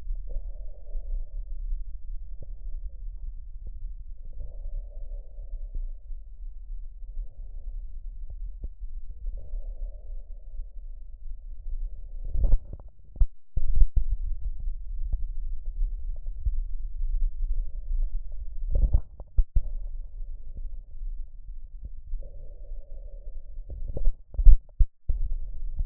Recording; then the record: lung sounds by stethoscope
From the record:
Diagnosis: emphysema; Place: left posterior upper chest